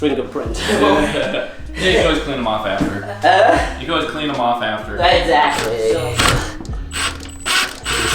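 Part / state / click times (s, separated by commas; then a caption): sliding closet door hanger into overhead track / seated / 6.6 s, 7.2 s. The second sliding closet door is moved while being guided, and its hanger clicks into the overhead track with two light ratchet-like clicks at 6.7 s and 7.2 s, seating the door in the track. Someone talks throughout.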